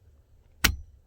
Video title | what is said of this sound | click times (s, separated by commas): Fangor Dual DVD Player - Amazon | right in there you heard it pop in nice and sturdy | 0.6 s